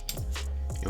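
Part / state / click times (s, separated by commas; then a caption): back cover clipped into smartwatch housing / released / 0.1 s. A flathead tool pressed into the bottom edge of a Samsung Gear Sport SM-R600 smartwatch is lifted slowly until the clipped-in plastic back cover pops free of the housing. A sharp pop sounds at 0.1 s, followed by a fainter tick at 0.7 s over a steady low hum. The back cover is released.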